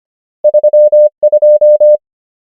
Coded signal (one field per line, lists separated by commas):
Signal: Morse code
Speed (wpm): 25 wpm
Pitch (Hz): 600 Hz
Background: none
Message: 3 2